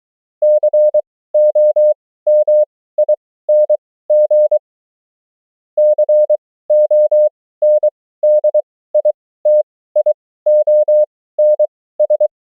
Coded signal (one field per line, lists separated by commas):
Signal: Morse code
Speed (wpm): 23 wpm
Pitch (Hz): 600 Hz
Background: none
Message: COMING CONDITIONS